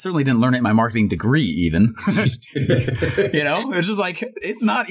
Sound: laughing